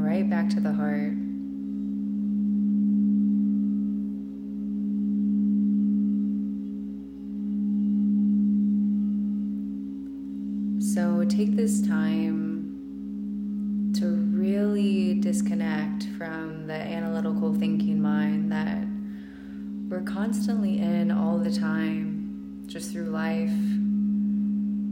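A crystal bowl holds one steady, low-mid tone that swells and fades in slow waves every few seconds. Over it, a voice speaks briefly at the start, then again in short phrases through the second half.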